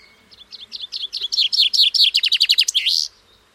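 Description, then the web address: Common chaffinch sings one full phrase: repeated high chips building in loudness, a fast downward-sweeping trill, and a slurred terminal flourish. "Deverinetal 2025 File origin Bird Only Fr Co"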